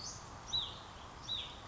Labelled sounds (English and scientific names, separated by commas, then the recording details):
Hutton's Vireo (Vireo huttoni)
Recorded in Sonoma County, California